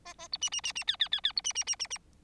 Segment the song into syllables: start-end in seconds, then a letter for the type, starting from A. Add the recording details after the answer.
0.05-0.14 A, 0.18-0.28 A, 0.32-0.37 B, 0.41-0.49 C, 0.52-0.61 C, 0.64-0.73 C, 0.75-0.84 C, 0.87-0.96 D, 0.99-1.08 D, 1.11-1.21 D, 1.23-1.33 D, 1.36-1.42 B, 1.44-1.53 C, 1.55-1.64 C, 1.67-1.76 C, 1.79-1.87 C, 1.90-1.98 C. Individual Bird4